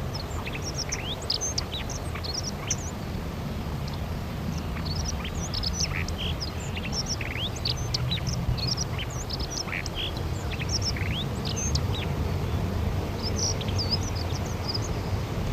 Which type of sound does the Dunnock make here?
song